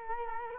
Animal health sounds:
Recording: mosquito wingbeat signal from an infrared sensor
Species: Culex quinquefasciatus

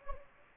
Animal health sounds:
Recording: mosquito wingbeat signal from an infrared sensor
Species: Anopheles gambiae

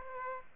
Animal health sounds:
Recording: mosquito wingbeat signal from an infrared sensor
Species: Aedes aegypti

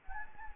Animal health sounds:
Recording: mosquito wingbeat signal from an infrared sensor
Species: Anopheles gambiae

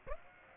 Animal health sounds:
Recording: mosquito wingbeat signal from an infrared sensor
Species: Aedes aegypti

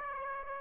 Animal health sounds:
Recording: mosquito wingbeat signal from an infrared sensor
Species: Aedes aegypti

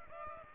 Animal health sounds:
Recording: mosquito wingbeat signal from an infrared sensor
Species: Aedes aegypti

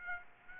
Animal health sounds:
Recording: mosquito wingbeat signal from an infrared sensor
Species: Aedes aegypti

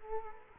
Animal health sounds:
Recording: mosquito wingbeat signal from an infrared sensor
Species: Culex quinquefasciatus

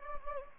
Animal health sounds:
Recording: mosquito wingbeat signal from an infrared sensor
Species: Anopheles gambiae

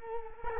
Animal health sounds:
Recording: mosquito wingbeat signal from an infrared sensor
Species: Culex quinquefasciatus

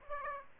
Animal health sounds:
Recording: mosquito wingbeat signal from an infrared sensor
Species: Aedes aegypti

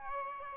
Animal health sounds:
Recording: mosquito wingbeat signal from an infrared sensor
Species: Aedes albopictus

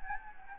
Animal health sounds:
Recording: mosquito wingbeat signal from an infrared sensor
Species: Anopheles gambiae

